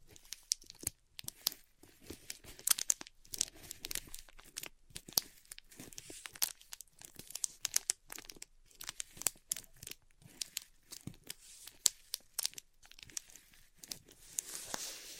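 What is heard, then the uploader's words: Ripping off a band aid: a stream of crinkly, crackling tearing sounds, bright and papery, made of dense clusters of sharp snaps. The bursts come in irregular spurts throughout with brief gaps, and a harsher hiss swells near the end. ASMR Ripping Off the Band Aid (No Talking).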